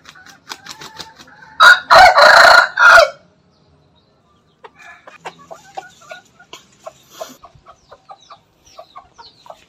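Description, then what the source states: Chicken: rooster gives one loud, harsh crow early, followed by a run of soft clucks and clicking sounds. Bangkok rooster crowing.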